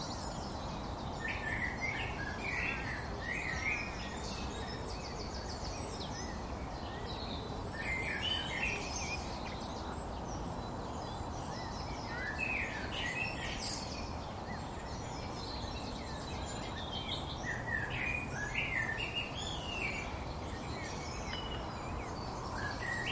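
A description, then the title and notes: Dawn birdsong fills a riverside woodland by a heron colony, with many overlapping chirps and short bright phrases sounding continuously throughout. Beneath them runs a steady low rushing wash that never lets up, keeping the whole scene dense and even in level. Sunrise in a riverside woodland – with a heron colony. It’s an hour after dawn when the sun finally rises above the head of the valley. Birdsong bubbles from the woods, the conversation of herons and their newly hatched young staccato from the melodious tones of wrens, great tits, and blackbirds. Recorded by Daniel Graham.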